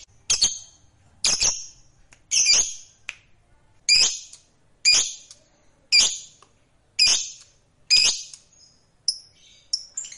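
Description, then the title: Lovebird giving sharp, harsh squawks, one roughly every second, each a short burst with a ragged, screechy tail. Fighter-type lovebird; the recording is titled as its long ngekek (ngekek panjang). "Begitu Dengar Suara Lovebird FIGHTER NGEKEK PANJANG"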